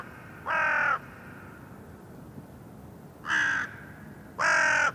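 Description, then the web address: Bird giving three harsh, nasal caws, each about half a second long: one early, then two more close together near the end, over a faint steady hiss. "cianscape birddata Deverinetal 2025 Bird Only"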